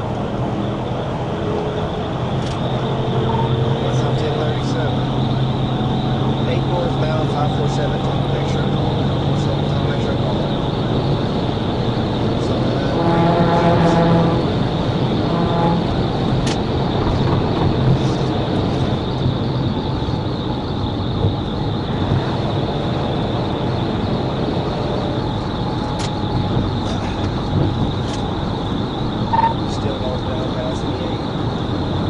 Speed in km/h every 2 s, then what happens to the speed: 161, 171, 177, 187, 195, 198, 203, 208, 212, 212, 198, 201, 200, 195, 195, 192.
0-16 speeds up to 212. 16-32 steady at about 198.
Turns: none.